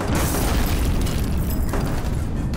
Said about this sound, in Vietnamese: Một quả pháo cối rơi ngay cạnh cầu sự, sức ép của vụ nổ hất tung tất cả.